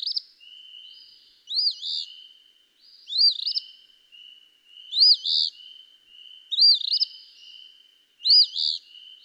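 Eastern phoebe repeating its burry two-part fee-bee song five times, about every 1.7 seconds, with fainter notes between.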